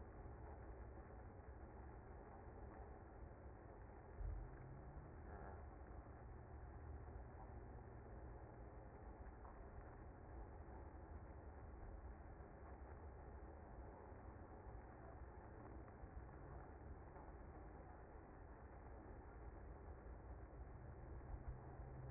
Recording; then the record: honeybee colony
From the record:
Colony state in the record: active